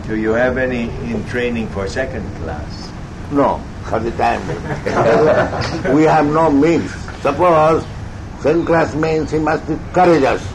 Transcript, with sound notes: Do you have any in training for second class?
No, for the time being. [laughs] We have no means. Suppose... Second class means he must be courageous